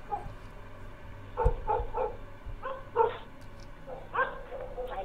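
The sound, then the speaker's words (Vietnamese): Dogs bark in a village at night in short, irregular bursts, a few quick yaps clustered together with brief pauses, now and then breaking into drawn-out howls, moderately loud over a low steady background rumble. “Tiếng mấy con chó ở trong xóm cứ cắn nhấm nha nhấm nhặng, thỉnh thoảng lại tru lên từng hồi đến sốt cả ruột.”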